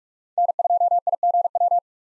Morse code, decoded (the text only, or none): N2IGW